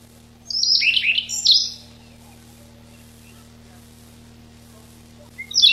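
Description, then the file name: Siberian rubythroat song: one scratchy, warbled phrase of high twittering notes lasting under two seconds, then quiet, with a brief new phrase starting at the end. Recorded 6 July 1991. "6 07 91 Ccalliopa"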